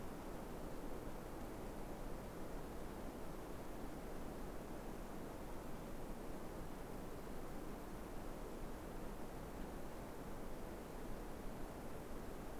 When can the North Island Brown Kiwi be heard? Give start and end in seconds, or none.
none